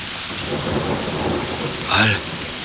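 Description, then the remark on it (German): Heavy rain lashes down during a storm in a steady, dense hiss, with a brief louder rumbling burst of thunder near the end. No voices are heard. “Der Regen peitscht auf die fassungslosen Gesichter.”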